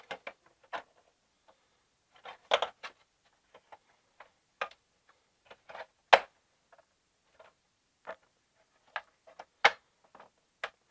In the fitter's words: And once you hear those little clicks, then it's time to screw everything back on.